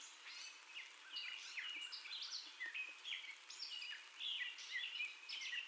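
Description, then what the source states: Gray catbird singing a continuous chatter of downslurred whistles and squeaky notes, with faint soft ticks underneath. First song, recorded 30 May 2021.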